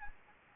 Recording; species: mosquito wingbeat signal from an infrared sensor; Anopheles gambiae